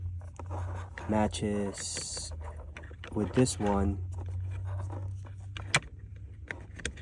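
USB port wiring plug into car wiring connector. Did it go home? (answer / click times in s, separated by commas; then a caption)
yes / 5.8 s. Someone talks while pushing the wiring plug of an added USB port, one-handed, into its matching car wiring connector on a 2010–2015 third-generation Toyota Prius, over a steady low hum. A sharp click at 5.8 s marks the plug seating into the connector, followed by a few small handling ticks.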